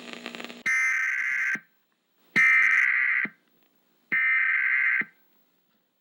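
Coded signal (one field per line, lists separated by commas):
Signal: Emergency Alert System (SAME) tones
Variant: header bursts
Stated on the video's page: Fictional alert in a fan film inspired by analog horror.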